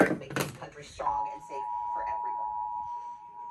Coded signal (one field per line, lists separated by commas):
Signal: Emergency Alert System (SAME) tones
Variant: 853 and 960 Hz attention tone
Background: speech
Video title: Santa Barbara County Monthly EAS Test (1/5/22) (EAS #50-51)